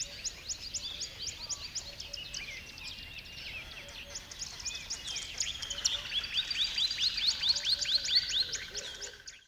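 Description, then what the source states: Birds singing together, dense overlapping high chirps and short trills throughout, with a quick run of repeated rising notes near the end over a soft steady background hiss. Dawn chorus recorded on a river bed.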